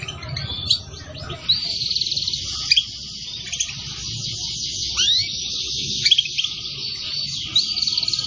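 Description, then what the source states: Canary singing a continuous high rolling trill, with sharp rising whistled notes slipped in at intervals. Recording used as a bird lure.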